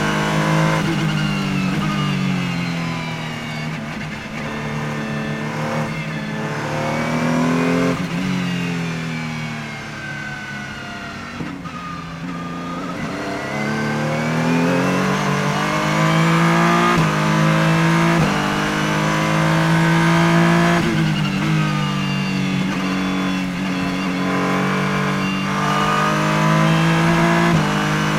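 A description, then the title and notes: Engine sound recorded inside a car, loud, with a strong low drone whose pitch climbs under acceleration and drops sharply at gear changes and braking, roughly every few seconds. Revs sweep up and down throughout, with brief dips around 8, 12 and 17 seconds. Nissan Onroak DPi In-Car Audio, Mid-Ohio. Ride with Scott Sharp and teammate Ryan Dalziel around the Mid-Ohio Sports Car course in their twin-turbo V6-powered Nissan Onroak DPi.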